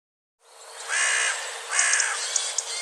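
Bird uttering two hoarse caws, with several brief sharp clicks and a thin tone scattered through the second half.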